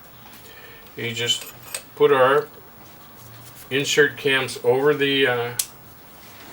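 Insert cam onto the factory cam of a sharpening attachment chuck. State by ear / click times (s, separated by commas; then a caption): not seated / none. Someone talks while an insert cam is being pressed over the factory cam of the drill-sharpening chuck on a Tradesman 6 inch DC variable speed bench grinder's sharpening attachment, set up to sharpen countersinks. The insert is plastic or metal, and it changes the chuck to a plunging operation because countersinks have less clearance than a drill end. Light metallic handling clinks are heard under the talk, and nothing has seated or clicked yet.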